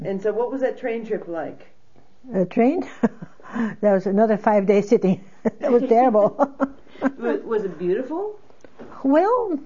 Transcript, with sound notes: And so what was that train trip like?
The train? That was another five days sitting. ( she laughs ) It was terrible.
Was it beautiful?
Well,